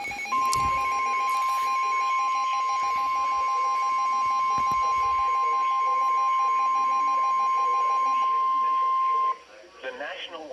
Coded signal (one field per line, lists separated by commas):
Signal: Emergency Alert System (SAME) tones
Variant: 1050 Hz attention tone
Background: speech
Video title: EAS Alerts From April 10, 2025: Short Compilation